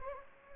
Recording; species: mosquito wingbeat signal from an infrared sensor; Anopheles gambiae